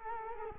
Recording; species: mosquito wingbeat signal from an infrared sensor; Culex quinquefasciatus